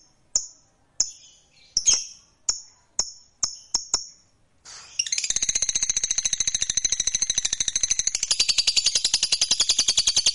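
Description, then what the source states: Lovebird gives several sharp separate chirps, then launches into a long, rapid, high trill of buzzy pulses that continues steadily to the end. Fighter-type lovebird giving a long ngekek trill.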